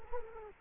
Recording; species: mosquito wingbeat signal from an infrared sensor; Culex quinquefasciatus